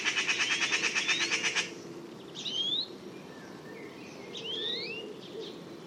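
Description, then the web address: Bird calls: a loud, rapid, pulsing buzzy trill for the first second and a half, then a few clear, rising, slurred whistles. "cianscape birddata Deverinetal"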